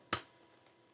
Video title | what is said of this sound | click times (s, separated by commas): RCI LIVE - Episode 20 - NEW E-flite F-16 FMS DAGO RED P-51 UNBOX & SEFF Discussion | no that didn't snap on there like that | none